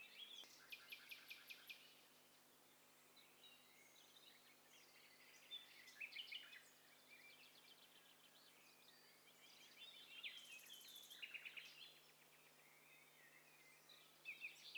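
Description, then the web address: Birds: mixed bird chorus: scattered high chirps, buzzy notes and brief trills from several birds, rising and falling in bursts over a constant low hiss. Several birds calling at once. "Hi Fi STEREO BIRD COCKTAIL PARTY Challenge"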